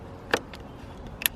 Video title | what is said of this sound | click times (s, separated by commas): Volvo V50 1.6 Diesel Air Intake Hose Change – Easy DIY Fix (Volvo v50, Ford, Hdi 1.6, 1.6 TDCi) | Like that, and it clicked in. | 1.3 s